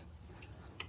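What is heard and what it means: A rocker arm is pried onto the valve and lash adjuster of an exhaust-side position in the cylinder head valvetrain of a 2015+ Subaru WRX FA20 engine, during installation of shims and rockers. A faint tick sounds at 0.4 s over a low background hum, then a short, sharp snap at 0.8 s as the rocker arm seats in place.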